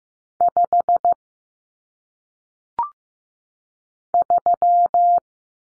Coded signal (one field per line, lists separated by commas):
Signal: Morse code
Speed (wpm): 15 wpm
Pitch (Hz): 700 Hz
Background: none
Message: 5 3